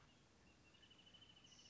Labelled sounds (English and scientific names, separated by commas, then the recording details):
Wrentit (Chamaea fasciata)
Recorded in Sonoma County, California